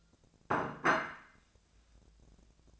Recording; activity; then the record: daily activity, microphone in the room; place plate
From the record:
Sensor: 2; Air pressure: 1000.0 hPa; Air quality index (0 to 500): 132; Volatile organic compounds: 2 ppm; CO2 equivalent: 1126 ppm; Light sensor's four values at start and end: 24/61/26/28 and 24/61/26/28